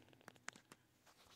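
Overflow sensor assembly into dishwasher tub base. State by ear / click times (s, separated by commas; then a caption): seated / 0.5 s. A plastic case-break/overflow sensor assembly on a Samsung dishwasher is pushed into the tub base and turned clockwise with needle-nose pliers. Faint scraping and small taps lead to a sharp click at 0.5 s as the sensor twist-locks and is seated, followed by a few softer knocks.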